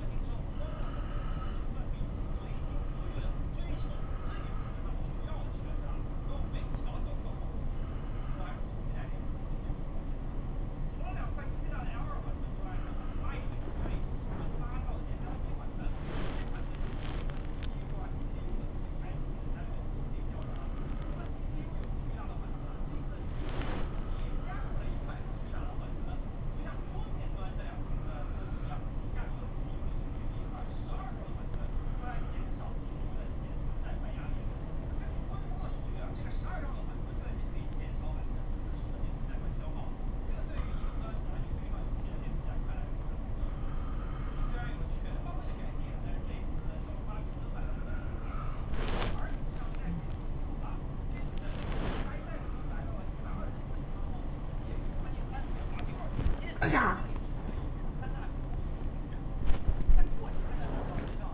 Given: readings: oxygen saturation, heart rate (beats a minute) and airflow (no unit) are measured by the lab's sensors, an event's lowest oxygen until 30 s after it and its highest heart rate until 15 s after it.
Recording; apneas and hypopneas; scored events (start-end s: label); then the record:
a person awake in a sleep study, by a smartphone at the bedside; none
0.00-61.34 s: awake
From the record:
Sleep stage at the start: awake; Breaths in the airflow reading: 21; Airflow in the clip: -0.7 to 0.7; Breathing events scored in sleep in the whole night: 403 in 5.5 hours asleep